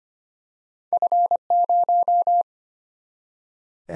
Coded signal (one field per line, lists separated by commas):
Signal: Morse code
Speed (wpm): 25 wpm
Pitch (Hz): 700 Hz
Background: none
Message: F0